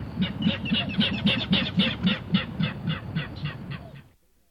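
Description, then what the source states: King rail giving a deep grunting call, an even series of low bump notes about four per second that trails off in volume before stopping. Deep grunting bump bump call, deeper in tone than Virginia Rail's, not descending but trailing off in volume.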